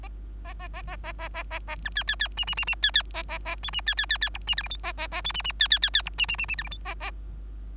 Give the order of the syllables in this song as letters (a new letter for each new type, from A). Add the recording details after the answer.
A A A A A A A A A B C C C D D D D C C A A A E D C C C C F D G H I A A A E D D C C C C F D D D D G H I A A. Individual Bird3